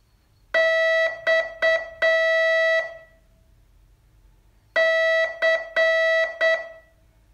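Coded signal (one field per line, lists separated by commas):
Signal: Morse code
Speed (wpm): 8 wpm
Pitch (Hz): 650 Hz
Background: none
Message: X C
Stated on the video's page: Morse training lesson, day 32 of a 42-day course.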